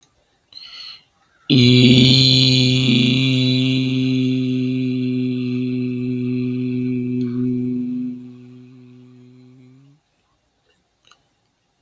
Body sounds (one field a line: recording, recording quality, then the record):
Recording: sustained vowel as in beet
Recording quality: excellent, no background noise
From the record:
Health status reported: healthy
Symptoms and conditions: cold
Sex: male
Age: 40 years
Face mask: worn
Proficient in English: yes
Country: India